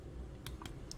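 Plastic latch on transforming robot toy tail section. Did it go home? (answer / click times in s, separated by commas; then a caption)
yes / 0.5 s, 0.7 s, 0.9 s. A plastic latch on the rear tail section of a transforming combiner robot toy is pressed closed. Short, sharp plastic clicks sound at 0.5, 0.7 and 0.9 seconds over a low, steady background rumble. The clip snaps shut and is seated.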